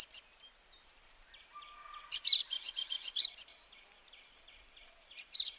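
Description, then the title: Bird song: two sharp high notes, then a fast run of many bright, high chirps lasting over a second, and another short high burst near the end. "SuaraBurung Kicau1"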